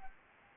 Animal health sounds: mosquito wingbeat signal from an infrared sensor; Anopheles arabiensis

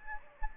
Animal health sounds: mosquito wingbeat signal from an infrared sensor; Anopheles gambiae

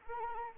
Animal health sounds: mosquito wingbeat signal from an infrared sensor; Anopheles arabiensis

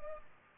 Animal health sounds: mosquito wingbeat signal from an infrared sensor; Culex pipiens

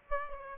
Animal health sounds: mosquito wingbeat signal from an infrared sensor; Aedes aegypti

